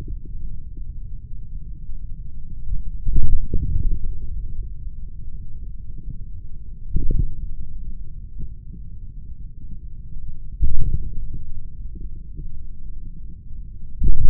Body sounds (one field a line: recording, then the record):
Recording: forearm muscle sounds (acoustic myography)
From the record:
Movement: hand closing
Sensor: system 3, bracelet of six PUI Audio POM-2738L microphones around the upper forearm, with dedicated amplification and filtering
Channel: 6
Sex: male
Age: 26 years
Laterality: right